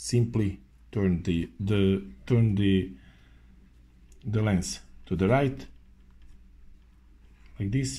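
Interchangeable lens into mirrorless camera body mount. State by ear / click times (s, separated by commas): not seated / none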